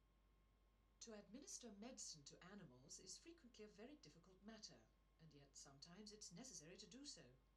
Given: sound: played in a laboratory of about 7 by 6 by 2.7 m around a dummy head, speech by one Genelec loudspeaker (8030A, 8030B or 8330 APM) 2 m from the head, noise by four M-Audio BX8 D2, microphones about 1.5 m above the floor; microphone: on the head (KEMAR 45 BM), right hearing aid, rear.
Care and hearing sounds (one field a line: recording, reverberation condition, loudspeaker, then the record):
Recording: female speech in English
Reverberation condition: low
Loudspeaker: 30 degrees to the right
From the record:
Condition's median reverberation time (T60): about 310 ms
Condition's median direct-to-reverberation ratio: about 3.5 dB